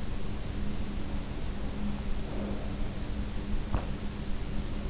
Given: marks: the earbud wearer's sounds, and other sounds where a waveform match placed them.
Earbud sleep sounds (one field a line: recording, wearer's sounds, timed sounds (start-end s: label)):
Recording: sounds in sleep by an in-ear microphone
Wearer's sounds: breath, teeth grinding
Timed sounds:
2.24-2.79 s: breath
3.50-4.02 s: teeth grinding